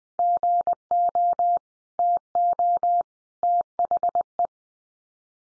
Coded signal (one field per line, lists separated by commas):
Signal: Morse code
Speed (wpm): 20 wpm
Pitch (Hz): 700 Hz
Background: none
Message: GO TO THE